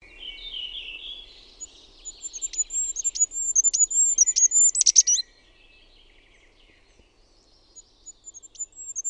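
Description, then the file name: Goldcrest singing a rapid series of thin, very high, evenly repeated notes that ends in a tumbling flourish, followed by faint high notes. "HIPPIAINEN"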